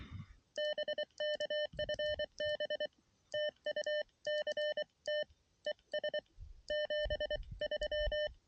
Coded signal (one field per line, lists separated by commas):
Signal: Morse code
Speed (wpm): 23 wpm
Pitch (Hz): 600 Hz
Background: none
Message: BK FB TU CT ES 73